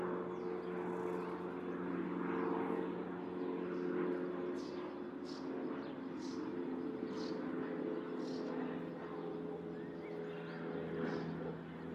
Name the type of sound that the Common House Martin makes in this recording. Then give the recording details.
call. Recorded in the wild. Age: adult. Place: Zepernick, Brandenburg, DE. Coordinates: 52.6497, 13.5436. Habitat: urban. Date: 2009-06-21 13:30. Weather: fair, ca. 20 °C, no wind. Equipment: Sound Devices 702, Rode NT1A. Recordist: Frommolt, Karl-Heinz